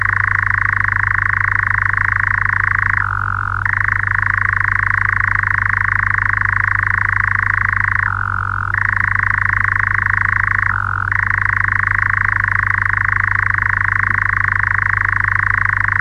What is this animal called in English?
Eurasian Nightjar